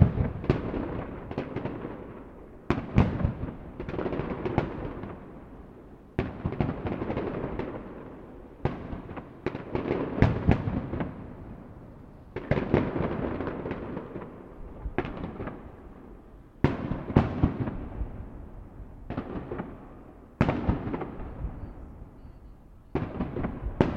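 Fireworks go off in a steady barrage, sharp bangs arriving every second or two and overlapping now and then. Each blast cracks bright and loud, then rolls away in a long, low, rumbling echo that fills the gaps, suggesting an open city space.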